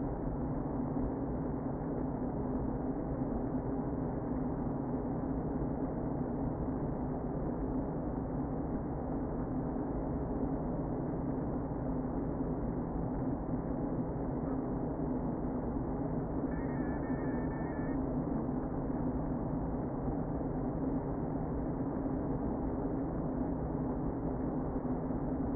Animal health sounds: honeybee colony, microphone inside the hive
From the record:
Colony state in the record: queen present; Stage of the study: before two queens were removed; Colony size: about 60,000 bees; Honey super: yes

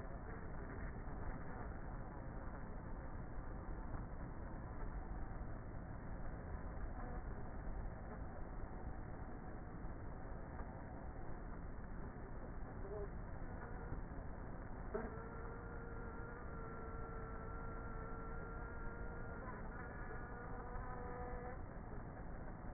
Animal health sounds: honeybee colony, microphone inside the hive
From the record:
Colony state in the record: queenless with a low population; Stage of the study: before two queens were removed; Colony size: about 30,000 bees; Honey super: no

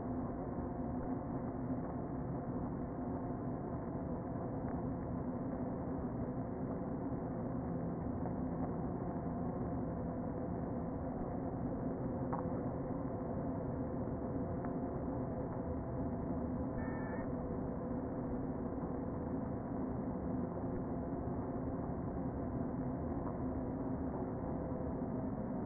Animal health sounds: honeybee colony, microphone inside the hive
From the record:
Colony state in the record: queen present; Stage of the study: before two queens were removed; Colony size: about 60,000 bees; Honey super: yes

